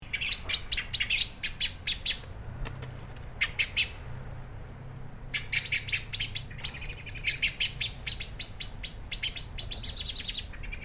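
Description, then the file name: Common blackbird calling, sharp clicking chinks in fast, uneven bursts of several notes, with a pause in the middle and a low hum underneath. "Turdus merula"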